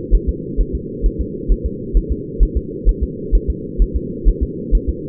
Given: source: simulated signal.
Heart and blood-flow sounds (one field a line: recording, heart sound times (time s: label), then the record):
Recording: fetal heart sounds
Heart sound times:
0.15 s: S1
0.29 s: S2
0.61 s: S1
0.75 s: S2
1.06 s: S1
1.21 s: S2
1.52 s: S1
1.66 s: S2
1.97 s: S1
2.12 s: S2
2.43 s: S1
2.57 s: S2
2.89 s: S1
3.03 s: S2
3.35 s: S1
3.50 s: S2
3.82 s: S1
3.96 s: S2
4.28 s: S1
4.43 s: S2
4.75 s: S1
4.89 s: S2
From the record:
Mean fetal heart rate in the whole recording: 130 bpm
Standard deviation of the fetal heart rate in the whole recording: 2 bpm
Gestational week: 36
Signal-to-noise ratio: -4.1 dB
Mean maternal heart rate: no maternal heart sound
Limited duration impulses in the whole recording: absent